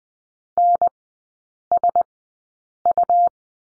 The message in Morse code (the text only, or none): NSU